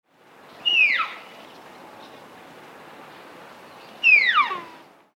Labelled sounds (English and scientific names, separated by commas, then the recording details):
Sika Deer (Cervus nippon)
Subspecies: pseudaxis
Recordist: Tembrock, Günter
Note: Hirsch: 2 Rufe